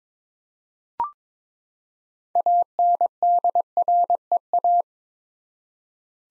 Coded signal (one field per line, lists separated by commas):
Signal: Morse code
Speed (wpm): 21 wpm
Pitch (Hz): 700 Hz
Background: none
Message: ANDREA